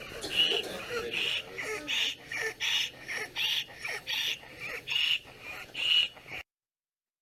Patients who are experiencing a marked increase in work of breathing, such as those in respiratory distress, which could precipitate into a state of arrest.